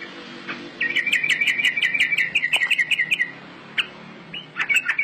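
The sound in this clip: Bird song: a fast run of bright, chattering chirps lasting about two seconds, then a pause and a shorter burst of sharp notes at the end.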